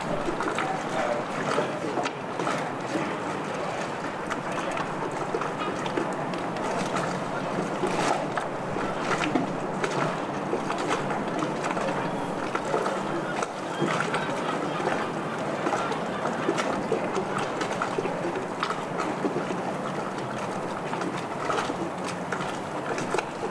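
Stormy harbour ambience in the City of Bristol: a dense, steady roar of wind and water with little change in level across the whole stretch. Short gusty bursts and splashy flutters come and go throughout, and faint voices may sit underneath.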